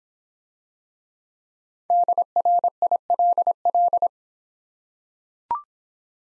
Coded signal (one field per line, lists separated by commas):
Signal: Morse code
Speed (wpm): 26 wpm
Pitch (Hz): 700 Hz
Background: none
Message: DRILL